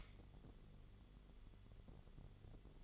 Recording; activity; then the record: daily activity, microphone in the room; light on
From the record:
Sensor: 4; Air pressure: 1008.6 hPa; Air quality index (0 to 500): 92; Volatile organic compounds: 1 ppm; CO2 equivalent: 696 ppm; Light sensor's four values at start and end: 13/29/12/11 and 13/32/12/12